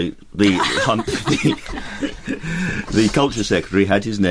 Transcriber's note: slight pause and giggles behind speaking